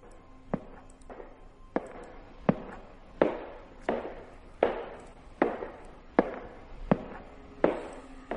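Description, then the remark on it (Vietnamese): Slow, evenly spaced footsteps echo along a corridor at 11:40, approaching from far to near, each sharp hard-soled step trailing a brief reverberant tail, the steps gradually growing louder across about a dozen strides. “Tiếng bước chân vang vọng ở trên hành lang, dường như là đi từ xa đến gần, rất chậm rãi.”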